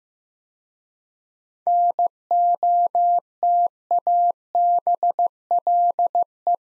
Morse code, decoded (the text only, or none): NOTABLE